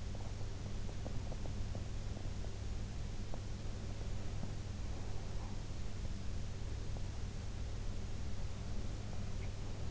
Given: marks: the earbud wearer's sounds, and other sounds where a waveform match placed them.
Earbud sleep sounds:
sounds in sleep by an in-ear microphone; teeth grinding
0.00-3.40 s: teeth grinding

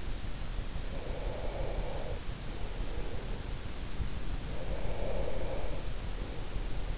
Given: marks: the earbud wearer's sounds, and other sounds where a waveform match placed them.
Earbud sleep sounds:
sounds in sleep by an in-ear microphone; breath
0.70-3.58 s: breath
4.36-6.98 s: breath

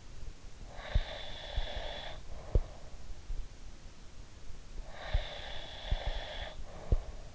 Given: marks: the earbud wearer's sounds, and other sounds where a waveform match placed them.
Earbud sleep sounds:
sounds in sleep by an in-ear microphone; breath
0.83-2.68 s: breath
4.83-7.35 s: breath

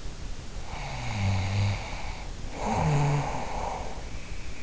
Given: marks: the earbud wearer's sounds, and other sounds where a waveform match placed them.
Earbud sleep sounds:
sounds in sleep by an in-ear microphone; snoring breath
0.50-4.63 s: snoring breath

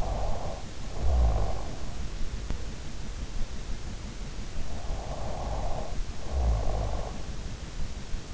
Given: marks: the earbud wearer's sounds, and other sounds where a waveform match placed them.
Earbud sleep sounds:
sounds in sleep by an in-ear microphone; snoring breath
0.00-3.14 s: snoring breath
4.51-7.52 s: snoring breath

